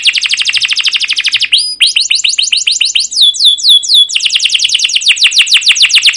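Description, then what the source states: Canary singing continuously: fast rolling trill, a high whistle, a run of quick downslurred chirps, then another rapid trill. Canary with long continuous gacor song, cuit cuit calls and ngerol rolling trills, used as pancingan, a lure recording to train other canaries.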